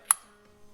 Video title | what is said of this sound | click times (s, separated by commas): BMW DIY Spark Plugs/Coils IMPORTANT Tips! | so you'll hear it to snap it onto the magnet once | 0.1 s